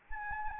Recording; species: mosquito wingbeat signal from an infrared sensor; Anopheles arabiensis